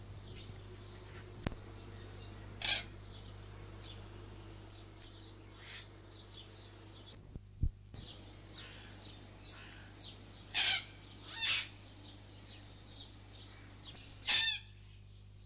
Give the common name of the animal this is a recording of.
Red-tailed Black Cockatoo